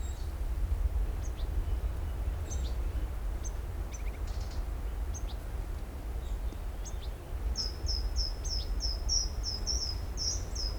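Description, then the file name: Eurasian wren: a quick series of many similar high notes near the end, after scattered faint clicks, against a low steady rumble. "Troglodytes troglodytes"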